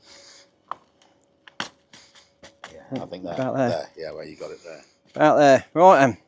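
A plastic driveway grid matting panel is handled into position among adjoining interlocking panels, with short sharp knocks around 0.7 s and 1.6 s and fainter taps between them. Someone talks through the second half of the clip. The clip ends before the panel goes home, so nothing has seated yet.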